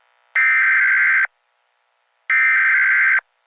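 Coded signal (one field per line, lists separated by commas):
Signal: Emergency Alert System (SAME) tones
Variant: header bursts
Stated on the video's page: Fictional EAS scenario about black ice in Massachusetts, made with CapCut, using possibly valid EAS tones.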